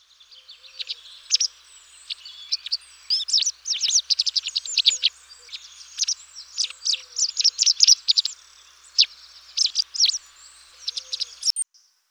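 Bird chirps: a long run of sharp, high notes in uneven bursts, with some quick clusters and brief gaps.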